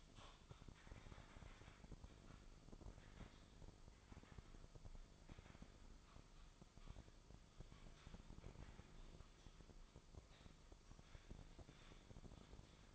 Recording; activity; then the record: daily activity, microphone in the room; typing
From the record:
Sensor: 5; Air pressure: 995.4 hPa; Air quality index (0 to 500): 87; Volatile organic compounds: 4 ppm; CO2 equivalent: 1614 ppm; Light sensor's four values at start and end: 25/61/23/22 and 25/61/23/22